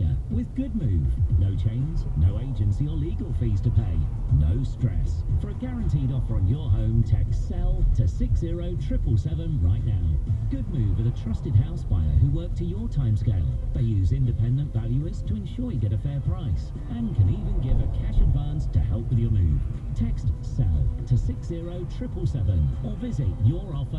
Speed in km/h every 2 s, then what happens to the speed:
13, 15, 16, 18, 16, 15, 16, 18, 19, 19, 19, 21.
0-24 steady at about 16.